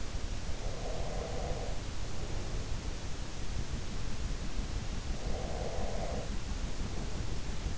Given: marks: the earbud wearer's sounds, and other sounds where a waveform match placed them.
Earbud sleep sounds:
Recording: sounds in sleep by an in-ear microphone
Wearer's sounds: breath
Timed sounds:
0.56-2.98 s: breath
5.24-7.78 s: breath

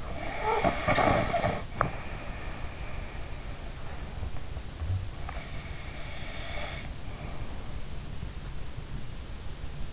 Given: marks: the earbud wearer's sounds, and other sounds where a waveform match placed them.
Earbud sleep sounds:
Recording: sounds in sleep by an in-ear microphone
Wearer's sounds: snoring breath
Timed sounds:
0.00-5.16 s: snoring breath
5.24-7.68 s: snoring breath

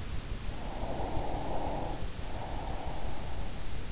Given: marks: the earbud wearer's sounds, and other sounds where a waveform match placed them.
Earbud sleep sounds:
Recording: sounds in sleep by an in-ear microphone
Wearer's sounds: breath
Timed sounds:
0.43-3.41 s: breath

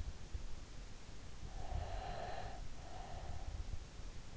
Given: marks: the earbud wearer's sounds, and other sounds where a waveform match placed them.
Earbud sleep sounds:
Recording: sounds in sleep by an in-ear microphone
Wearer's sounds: breath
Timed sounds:
1.62-3.51 s: breath

